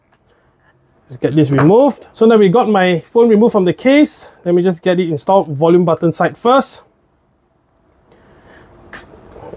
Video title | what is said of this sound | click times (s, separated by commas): Best iPhone 16 Pro/Pro Max Case With Camera Control Button! | then this, it should all just snap in place. Alright, so really nice. | 8.9 s